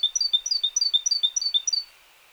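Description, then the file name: Great tit rapid high three-note phrases repeated several times for about two seconds, then quiet. "Parus major"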